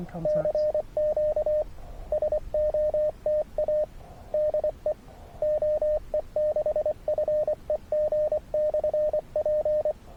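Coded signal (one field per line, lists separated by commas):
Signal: Morse code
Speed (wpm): 22 wpm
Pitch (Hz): 590 Hz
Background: radio noise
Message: CQ SOTA DE OE6FEG/P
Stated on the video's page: Morse from a SOTA summit activation of a 2543 m Austrian peak, only its second activation, during a hike-and-fly paragliding trip.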